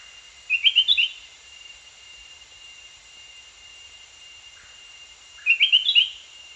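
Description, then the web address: Spectacled bulbul giving two short bursts of quick, sweet chirping notes, separated by a pause, against a steady high-pitched insect hum. Danum, 1 January 2008. "DANUM 20080101 spectacled bulbul"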